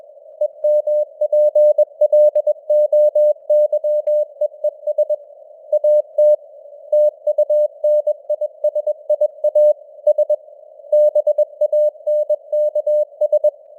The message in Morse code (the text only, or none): EMPLOYEES AT TUNISIA S BANKS